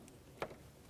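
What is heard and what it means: A second hose quick-connect is pushed onto its engine fitting during a throttle body replacement on a 2006–2012 Ford Fusion. A sharp click at 0.4 s marks the connector snapping on, and a tug confirms it is seated.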